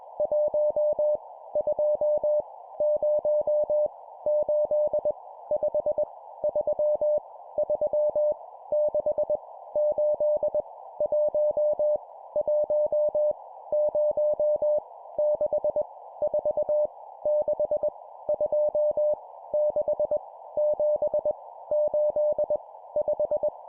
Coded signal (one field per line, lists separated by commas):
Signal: Morse code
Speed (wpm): 21 wpm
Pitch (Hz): 600 Hz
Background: none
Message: 1 2 0 8 5 3 3 6 8 1 1 0 6 4 6 2 6 7 8 5